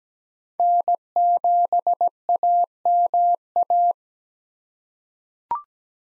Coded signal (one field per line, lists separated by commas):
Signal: Morse code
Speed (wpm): 17 wpm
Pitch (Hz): 700 Hz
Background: none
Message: N7AMA